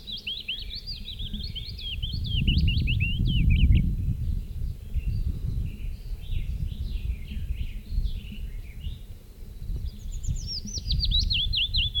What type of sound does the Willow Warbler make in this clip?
song